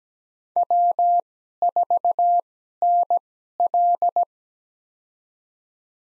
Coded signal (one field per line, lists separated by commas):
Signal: Morse code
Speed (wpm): 17 wpm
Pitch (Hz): 700 Hz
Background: none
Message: W4NL